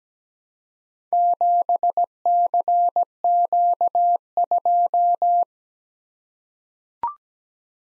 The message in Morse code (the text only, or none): 7CQ2